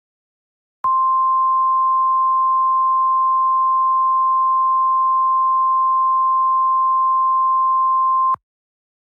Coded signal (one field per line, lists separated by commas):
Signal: Emergency Alert System (SAME) tones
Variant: 1050 Hz attention tone